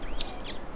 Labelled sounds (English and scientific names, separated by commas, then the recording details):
Stitchbird (Notiomystis cincta) song
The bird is a male
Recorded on Tiritiri Matangi Island, New Zealand, in 2005
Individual 1, of nest box 1